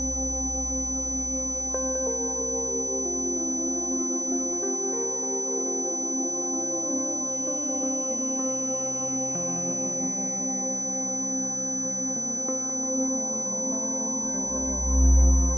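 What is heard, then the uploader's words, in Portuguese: A steady 6000 Hz tone holds at one pitch from start to finish. Underneath, a low hum and a shifting layer of sustained, ringing tones drift in pitch. Near the end, a short low thump swells up. Frequência 6000 Hz.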